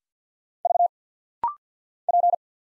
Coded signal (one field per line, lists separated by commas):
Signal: Morse code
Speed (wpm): 50 wpm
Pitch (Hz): 700 Hz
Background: none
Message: V P